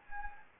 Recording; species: mosquito wingbeat signal from an infrared sensor; Anopheles gambiae